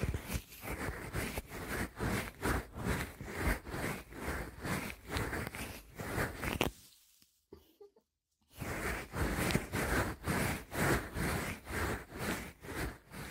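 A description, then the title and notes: Scratchy rubbing of ear cleaning repeats in quick regular strokes, stopping for a near-silent pause around seven seconds before resuming. ASMR Best Ear Cleaning.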